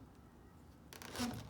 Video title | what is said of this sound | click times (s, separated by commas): Dyson V10: How to Change and Clean The Filter | that seal is really important to make sure note there's no air leakage but once you turn it listen for a nice firm click sound | 0.9 s, 1.0 s